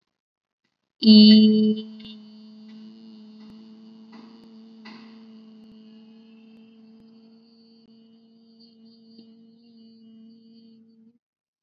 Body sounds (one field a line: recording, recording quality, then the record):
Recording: sustained vowel as in beet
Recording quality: excellent, no background noise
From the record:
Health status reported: COVID-19 positive, no symptoms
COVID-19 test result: positive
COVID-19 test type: RT-PCR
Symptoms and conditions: cold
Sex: female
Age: 20 years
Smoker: no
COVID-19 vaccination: both doses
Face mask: not worn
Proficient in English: yes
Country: India